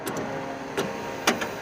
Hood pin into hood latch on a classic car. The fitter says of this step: then that should lock into place.